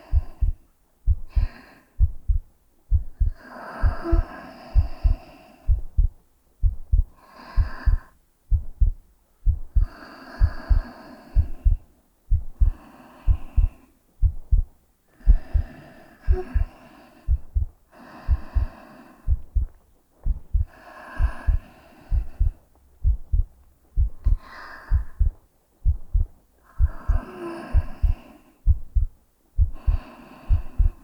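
An adult woman's heartbeat heard close against her chest: steady, regular low thumps at about 64 a minute, with slow breathing sounds in the background.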